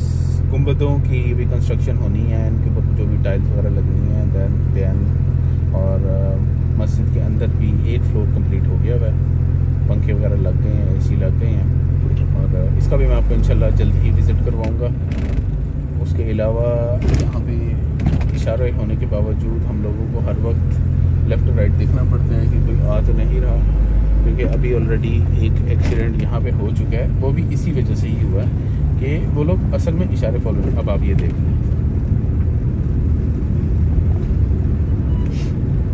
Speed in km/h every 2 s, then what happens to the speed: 0, 0, 0, 0, 0, 0, 1, 7, 9, 10, 11, 13, 12, 14, 17, 17, 17, 18.
0-12 standing. 12-17 pulls away to 10. 17-36 steady at about 14.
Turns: none.